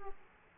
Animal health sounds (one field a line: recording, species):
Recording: mosquito wingbeat signal from an infrared sensor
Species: Aedes aegypti